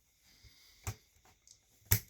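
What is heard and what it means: A wiring harness connector is pushed back onto the circuit board of a Lincoln Town Car cassette deck during a cassette deck motor replacement. Faint handling noise and small taps at 0.9 s and 1.5 s lead to a sharp, loud click at 1.9 s. The connector clips on and seats in place.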